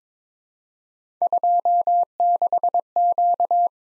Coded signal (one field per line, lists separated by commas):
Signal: Morse code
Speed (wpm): 22 wpm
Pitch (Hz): 700 Hz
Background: none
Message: 26Q